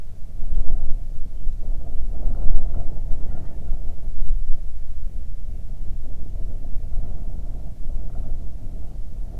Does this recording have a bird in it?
yes